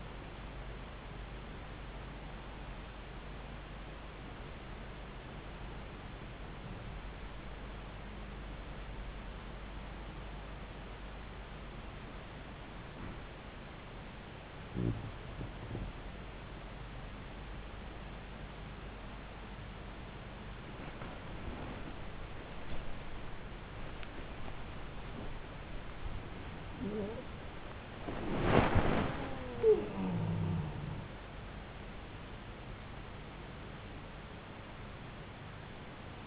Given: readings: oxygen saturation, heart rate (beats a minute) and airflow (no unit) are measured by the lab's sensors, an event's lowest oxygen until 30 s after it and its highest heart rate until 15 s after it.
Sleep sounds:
breathing in sleep by a voice recorder at the bedside; 1
10.00-29.30 s: hypopnea (N2, oxygen 94% highest, then 94% lowest)
35.00-36.27 s: new sleep stage, N1 (lightest sleep)
From the record:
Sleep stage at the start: N2 (light sleep); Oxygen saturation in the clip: 93 to 95%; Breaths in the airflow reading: 7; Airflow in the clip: -5.8 to 7.6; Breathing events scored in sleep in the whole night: 270 in 6.1 hours asleep

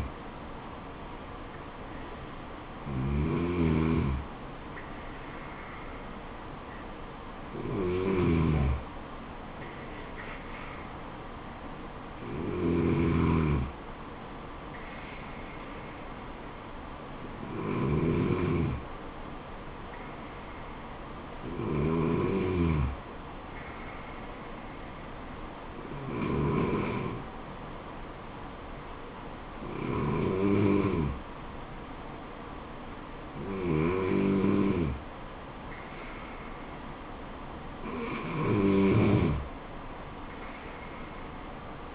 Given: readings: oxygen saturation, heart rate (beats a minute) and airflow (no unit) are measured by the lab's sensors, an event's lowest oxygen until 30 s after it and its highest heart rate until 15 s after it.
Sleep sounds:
breathing in sleep by a voice recorder at the bedside; none
none scored
From the record:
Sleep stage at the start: N2 (light sleep); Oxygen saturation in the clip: 95 to 96%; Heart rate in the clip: 69 to 75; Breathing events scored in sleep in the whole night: 426 in 7.4 hours asleep

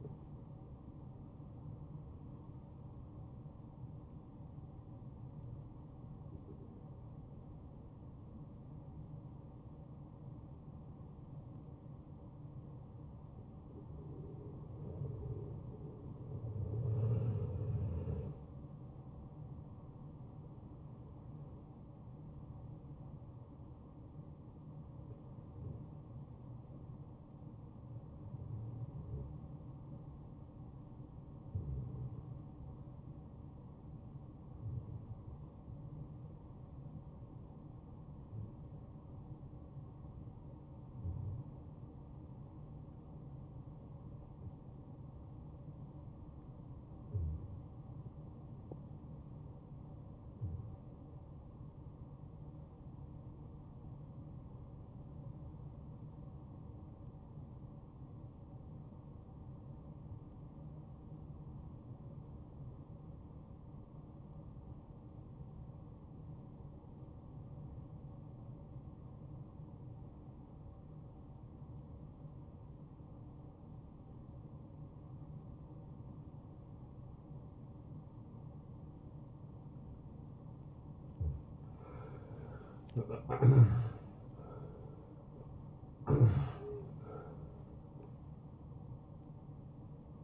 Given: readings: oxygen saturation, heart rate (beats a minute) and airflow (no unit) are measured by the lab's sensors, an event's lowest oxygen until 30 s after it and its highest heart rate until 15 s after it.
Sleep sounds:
breathing in sleep by a smartphone at the bedside; 1
6.00-79.30 s: obstructive apnea (N1, oxygen 97% highest, then 75% lowest, heart rate 84 at the start, 85 highest)
56.00-86.00 s: new sleep stage, awake
75.00-87.00 s: awake
86.00-90.24 s: new sleep stage, REM sleep
From the record:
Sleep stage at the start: N1 (lightest sleep); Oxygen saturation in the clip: 75 to 97%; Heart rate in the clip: 59 to 89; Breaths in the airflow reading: 2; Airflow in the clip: -19.5 to 8.7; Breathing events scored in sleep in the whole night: 263 in 5.5 hours asleep

